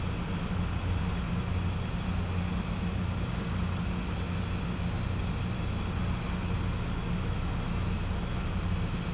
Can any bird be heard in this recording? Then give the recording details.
no. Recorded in pastures near Puerto Asís, Putumayo, Colombia, on 18 December 2024 at 22:30. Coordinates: 0.505, -76.324. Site G063